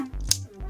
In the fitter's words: this chest piece, and then it'll click into place.